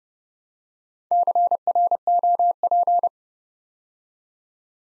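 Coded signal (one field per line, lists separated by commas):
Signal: Morse code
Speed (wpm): 30 wpm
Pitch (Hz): 700 Hz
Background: none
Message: CROP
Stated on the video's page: Morse code practice at 30 wpm, building 4-letter words two letters at a time for instant character recognition.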